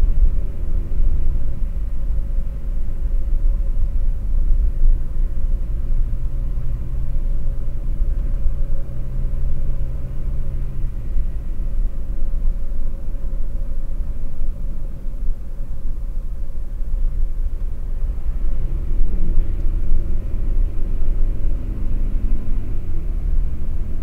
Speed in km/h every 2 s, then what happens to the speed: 52, 54, 56, 54, 53, 54, 53, 50, 48, 52, 55, 59.
4-16 slows to 48. 16-24 speeds up to 59.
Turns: none.